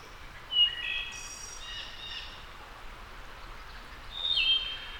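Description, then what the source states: Wood thrush giving two song phrases a few seconds apart, of ringing whistled notes, the first ending in an airy high trill. Labelled as a return.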